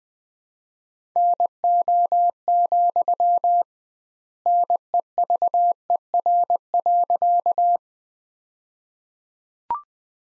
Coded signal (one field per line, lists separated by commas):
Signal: Morse code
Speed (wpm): 19 wpm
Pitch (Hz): 700 Hz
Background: none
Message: NO, NEVER.